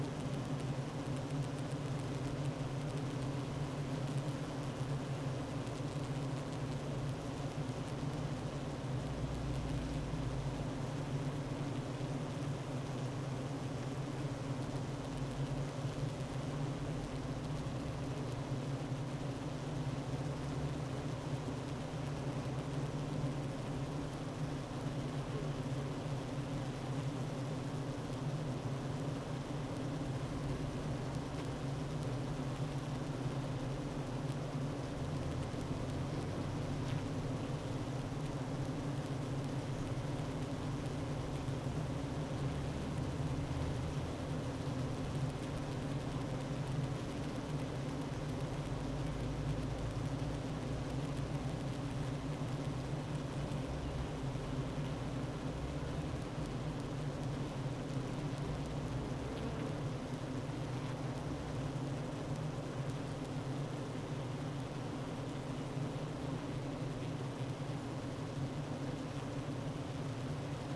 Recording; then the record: honeybee colony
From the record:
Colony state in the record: active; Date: 12 June 2018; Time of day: 9:30